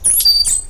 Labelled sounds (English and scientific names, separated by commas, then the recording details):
Stitchbird (Notiomystis cincta) song
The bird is a male
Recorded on Tiritiri Matangi Island, New Zealand, in 2005
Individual 1, of nest box 1